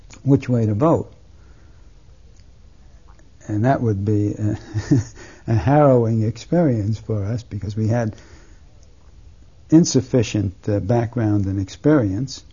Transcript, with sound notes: which way to vote. And that would be (he laughs) a harrowing experience for us because we had insufficient background and experience.